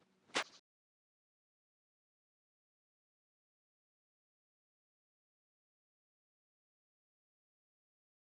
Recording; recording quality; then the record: counting at a fast pace; excellent, no background noise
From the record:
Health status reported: exposed to COVID-19, no respiratory illness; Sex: male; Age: 53 years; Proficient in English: yes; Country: United States